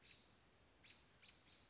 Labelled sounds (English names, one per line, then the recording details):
American Robin
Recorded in Sonoma County, California